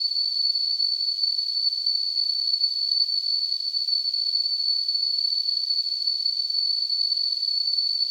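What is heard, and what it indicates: A steady high-pitched tone near 4 kHz with a faint hiss around it, holding unchanged for about eight seconds. This is a simulated tinnitus sound, imitating the constant ringing or whistling some people hear in their ears.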